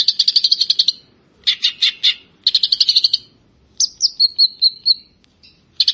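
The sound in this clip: Grey-cheeked bulbul singing rapid, buzzy chattering phrases separated by short pauses, with a quick series of descending whistled notes near the end.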